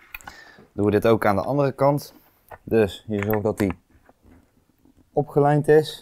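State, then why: Seated. A motorcycle helmet visor is fitted into the side pivot mechanism of an AGV Pista GP RR helmet: the visor mechanism is lined up with the connector on the first side, the small lever is pulled down, and a sharp click at 0.2 s marks the visor locking home. A few faint ticks follow, then someone talks through the rest of the clip. The visor is seated.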